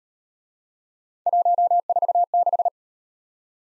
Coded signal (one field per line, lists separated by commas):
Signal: Morse code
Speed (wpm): 37 wpm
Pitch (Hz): 700 Hz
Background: none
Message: 146